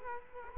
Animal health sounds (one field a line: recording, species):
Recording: mosquito wingbeat signal from an infrared sensor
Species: Culex quinquefasciatus